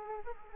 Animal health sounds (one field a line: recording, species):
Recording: mosquito wingbeat signal from an infrared sensor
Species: Aedes aegypti